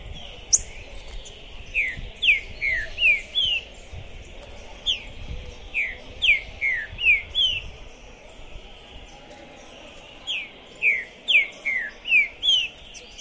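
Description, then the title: Green-winged saltator singing three runs of four or five quick downslurred whistles, each phrase about two seconds long, over a constant high-pitched hiss and scattered sharp ticks. Captive contest bird calling, singing and displaying aggressively (macheando) while warming up for a singing tournament, at the tournament entrance; 2021. "ESQUENTAR Seu TRINCA Piando, Cantando E Macheando Na DISPUTA. Esse TRINCA FERRO ficou POSSUÍDO na PORTA do TORNEIO! Trinca Ferro Pistoleiro 2021"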